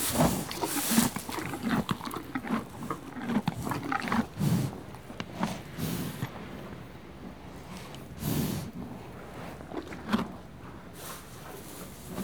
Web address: BBC Sound Effects Library. Horses. One horse eating hay, and moving